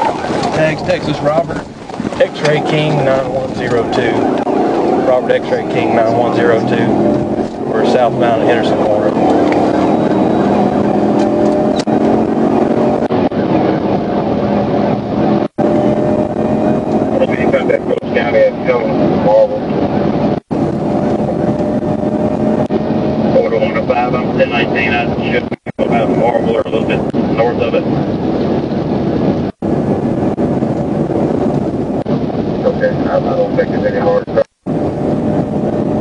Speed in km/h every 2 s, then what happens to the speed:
31, 48, 71, 89, 101, 116, 126, 135, 143, 155, 158, 163, 169, 172, 177, 182, 184, 187.
0-36 speeds up to 187.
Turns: none.